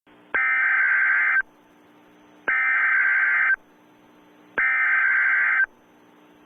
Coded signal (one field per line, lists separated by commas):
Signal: Emergency Alert System (SAME) tones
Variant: header bursts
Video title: EAS Mock - Rivalries Run Deep